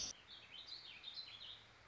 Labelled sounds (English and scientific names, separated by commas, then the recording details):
Warbling Vireo (Vireo gilvus)
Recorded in Sonoma County, California